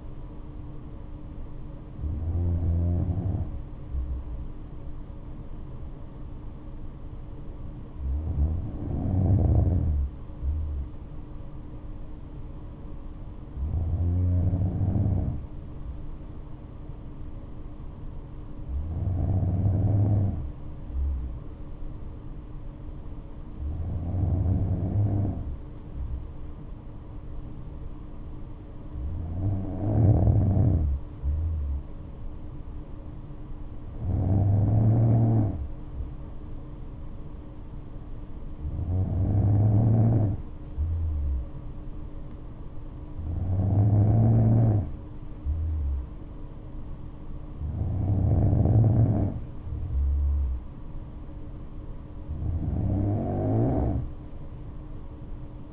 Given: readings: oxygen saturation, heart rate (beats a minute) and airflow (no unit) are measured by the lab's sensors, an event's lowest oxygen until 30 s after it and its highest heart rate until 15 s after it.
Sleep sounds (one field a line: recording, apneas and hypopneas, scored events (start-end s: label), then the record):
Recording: breathing in sleep by a smartphone at the bedside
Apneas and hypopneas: 1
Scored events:
7.00-50.20 s: hypopnea (N2, oxygen 96% highest, then 94% lowest, heart rate 65 at the start, 71 highest)
From the record:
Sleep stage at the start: N2 (light sleep)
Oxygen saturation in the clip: 94 to 96%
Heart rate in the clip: 60 to 71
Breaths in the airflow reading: 11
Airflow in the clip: -5.7 to 6.7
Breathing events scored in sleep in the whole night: 228 in 5.4 hours asleep